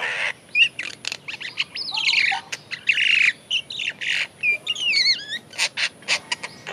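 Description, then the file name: Great myna calls: a busy run of harsh squawks, clicks and wavering whistled notes, with wavering whistled phrases near the end. "Acridotheres grandis"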